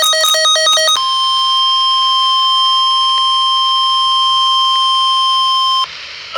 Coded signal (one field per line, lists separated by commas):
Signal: Emergency Alert System (SAME) tones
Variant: 1050 Hz attention tone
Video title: (DOUBLE HEADER!!) Flash Flood Warning and Severe Weather Statement (EAS #147-148)